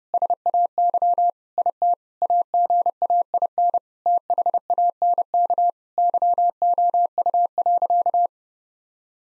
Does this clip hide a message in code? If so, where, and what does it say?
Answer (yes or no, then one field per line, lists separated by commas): yes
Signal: Morse code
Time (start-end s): 0.1-8.3 s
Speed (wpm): 30 wpm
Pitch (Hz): 700 Hz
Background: none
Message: SAY IT AGAIN THANK YOU.